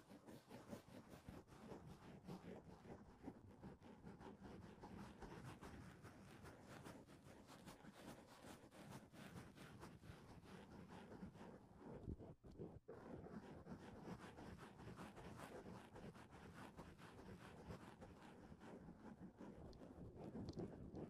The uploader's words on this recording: Mic touching.